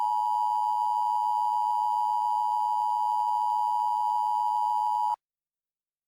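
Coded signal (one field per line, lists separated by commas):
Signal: Emergency Alert System (SAME) tones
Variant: 853 and 960 Hz attention tone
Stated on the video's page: Mock alert made for entertainment.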